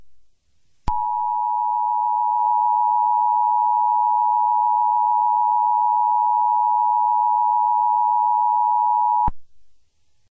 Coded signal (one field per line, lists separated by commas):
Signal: Emergency Alert System (SAME) tones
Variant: 853 and 960 Hz attention tone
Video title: (EAS mock) The EAN incident of January 9th, 2015 [NON CANON]